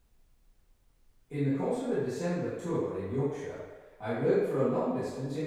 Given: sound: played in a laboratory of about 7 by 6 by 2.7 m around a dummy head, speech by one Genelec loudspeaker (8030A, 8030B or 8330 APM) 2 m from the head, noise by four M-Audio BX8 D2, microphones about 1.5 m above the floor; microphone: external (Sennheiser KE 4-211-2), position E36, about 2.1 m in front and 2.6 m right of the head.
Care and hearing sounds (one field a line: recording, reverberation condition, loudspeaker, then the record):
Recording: male speech in English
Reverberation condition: high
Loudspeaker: in front (0 degrees)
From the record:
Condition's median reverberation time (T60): about 1300 ms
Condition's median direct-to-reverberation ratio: about -4.0 dB